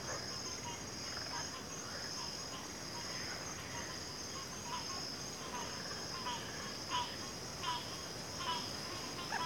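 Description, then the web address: Crickets in chorus, a steady high shrill drone running unbroken throughout, with scattered croaking and chirping frog-like calls lower down. Chorus of crickets in a backwater. "WLL Grade 1-12 Pre-Uni Library Natures Songs Sleep Sounds of Nature CRICKETS Backwater Chorus"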